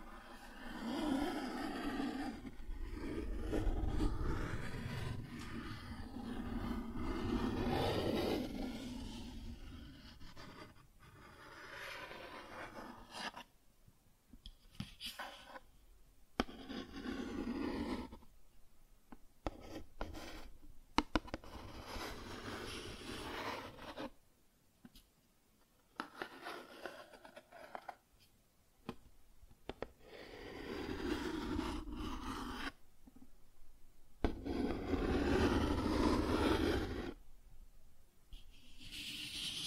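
Cardboard is scratched and rubbed, with a dense, continuous rasping stretch for the first twelve seconds. After that the scraping comes in irregular bursts, some sharp and brief, separated by near-silent pauses, with louder strokes around 20 and 36 seconds.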